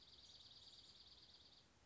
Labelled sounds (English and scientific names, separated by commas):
Dark-eyed Junco (Junco hyemalis)